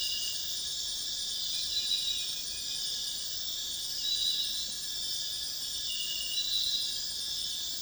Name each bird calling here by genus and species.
none